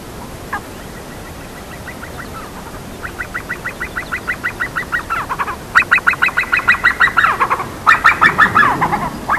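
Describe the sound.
Himalayan snowcock calling, a run of short clucking notes that grows louder, ending in a loud burst of rapid, harsh cackles.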